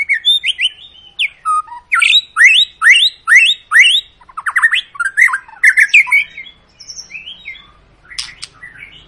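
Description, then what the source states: White-rumped shama song with quick repeated rising whistled notes in steady series, mixed with harsh chatter and high squeaky phrases, about two notes per second. Long, lively lure song of a white-rumped shama, used to prompt other birds to sing.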